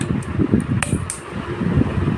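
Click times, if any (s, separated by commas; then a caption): 0.8 s, 1.1 s. A memory module or cooler clip is pushed down onto a computer motherboard during assembly. Under a steady fan-like hum, two sharp clicks sound at 0.8 s and 1.1 s as it seats, and someone talks.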